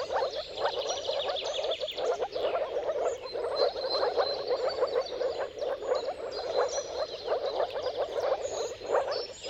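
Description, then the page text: Moor frog chorus, many low gurgling croaks merging into a steady bubbling hum, with thin bird calls above it. Moor frogs in a mating chorus at sunrise at the turn of March and April, timing depending on the weather. "Dawn’s Chorus: Mating Calls of Marsh Frogs at Sunrise. Depending on the weather at the turn of March and April, you can witness an amazing spectacle of moor frogs. Jakub Orzecki. earth.fm"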